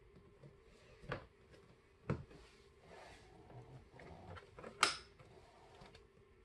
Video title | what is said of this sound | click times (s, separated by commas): How To: Convert to 2019 Charger Grille (2015-2018) | Hear the snap, you know you're good to go. Good to go. | 4.8 s